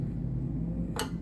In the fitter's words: Now it's locked in the vertical position.